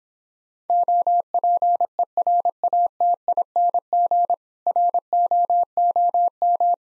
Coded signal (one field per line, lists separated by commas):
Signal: Morse code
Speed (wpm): 26 wpm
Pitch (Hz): 700 Hz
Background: none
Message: OPERATING ROOM